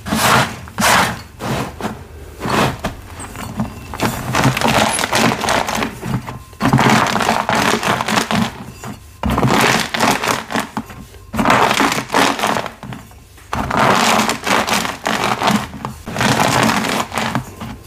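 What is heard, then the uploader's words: A rolling pin crushes and works a thick cornstarch paste, giving dense, gritty crackling and squeaking in rough bursts of a second or two. Short pauses separate the passes, with sharp clicks between them. Cornstarch, Rolling Pin Crushing, Mixing, Reforming Purple Paste.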